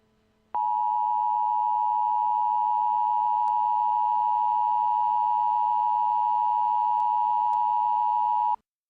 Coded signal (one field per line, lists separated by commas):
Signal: Emergency Alert System (SAME) tones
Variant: 853 and 960 Hz attention tone